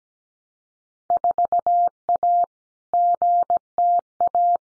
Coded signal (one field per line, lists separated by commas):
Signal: Morse code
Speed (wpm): 17 wpm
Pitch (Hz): 700 Hz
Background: none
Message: 4A GTA